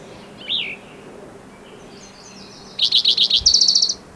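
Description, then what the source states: Spotted Towhee song of repeated notes followed by a quick trill; a single wavering note from another bird sounds earlier. Individual number one, recorded in Rhodes Canyon, Utah County, Utah, June 22, 2010.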